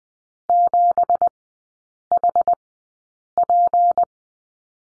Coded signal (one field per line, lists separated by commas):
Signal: Morse code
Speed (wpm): 20 wpm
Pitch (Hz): 700 Hz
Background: none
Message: 7HP